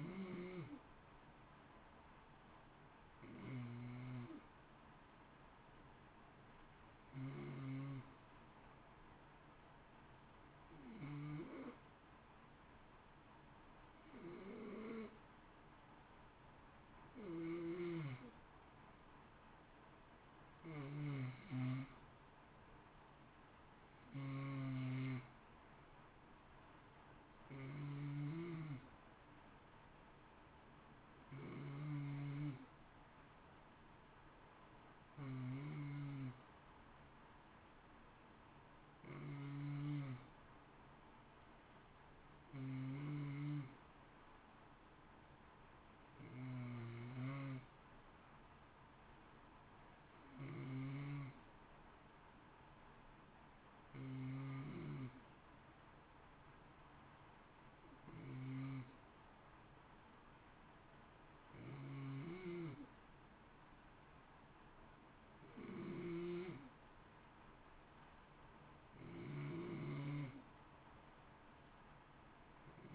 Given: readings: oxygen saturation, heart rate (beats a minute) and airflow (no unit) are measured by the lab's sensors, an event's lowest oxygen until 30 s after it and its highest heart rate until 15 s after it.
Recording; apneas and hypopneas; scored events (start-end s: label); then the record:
breathing in sleep by a voice recorder at the bedside; 1
10.00-21.80 s: hypopnea (N2, oxygen 92% highest, then 89% lowest, heart rate 57 at the start, 60 highest)
From the record:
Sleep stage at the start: N2 (light sleep); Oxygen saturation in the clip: 89 to 92%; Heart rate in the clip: 54 to 60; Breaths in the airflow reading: 21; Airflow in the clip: -0.8 to 1.0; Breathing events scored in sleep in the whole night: 328 in 6.3 hours asleep